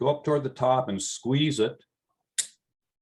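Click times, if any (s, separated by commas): 2.4 s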